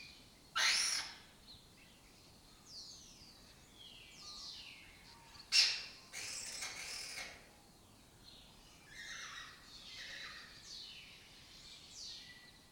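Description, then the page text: Lesser kestrel with two loud, grating calls several seconds apart, surrounded by thinner descending chattering notes. Breeding colony in an abandoned building complex in Doñana; migratory raptor that forages in West Africa and breeds in southern Europe. "Lesser Kestrels Took Over an Abandoned Building. A migratory raptor wich spends its foraging time in West Africa and breeds in southern Europe. Here in Doñana"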